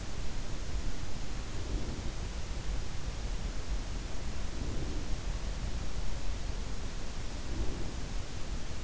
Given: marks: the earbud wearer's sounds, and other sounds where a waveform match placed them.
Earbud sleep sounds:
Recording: sounds in sleep by an in-ear microphone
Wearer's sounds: breath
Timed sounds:
1.48-2.33 s: breath
4.52-5.37 s: breath
7.26-8.15 s: breath

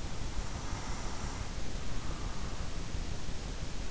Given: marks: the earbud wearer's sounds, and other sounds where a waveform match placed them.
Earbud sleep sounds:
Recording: sounds in sleep by an in-ear microphone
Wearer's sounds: breath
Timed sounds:
0.34-3.15 s: breath

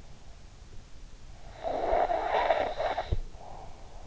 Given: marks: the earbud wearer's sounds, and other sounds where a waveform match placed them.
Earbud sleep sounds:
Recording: sounds in sleep by an in-ear microphone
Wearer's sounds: snoring breath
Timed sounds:
1.27-4.03 s: snoring breath

